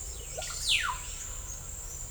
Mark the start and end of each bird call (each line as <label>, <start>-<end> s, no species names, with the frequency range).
bird call (0.4-7.8 kHz), 0.09-1.16 s